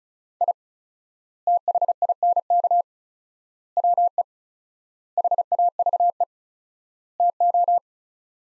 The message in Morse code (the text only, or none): I THINK WE HAVE TO